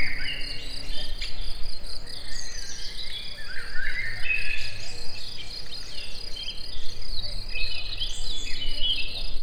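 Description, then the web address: Insects chirp steadily and densely throughout over low background noise. Insects in nature at Egertúristaház. "allathangok termeszetben rovarok hangoskornyezet egerturistahaz"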